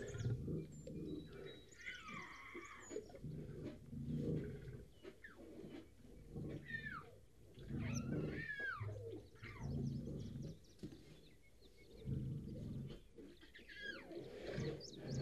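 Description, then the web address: Lion giving several deep, rumbling bursts, while birds chirp and whistle in higher tones. "лев"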